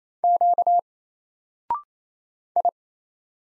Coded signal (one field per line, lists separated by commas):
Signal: Morse code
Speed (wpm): 28 wpm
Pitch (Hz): 700 Hz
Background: none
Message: Q I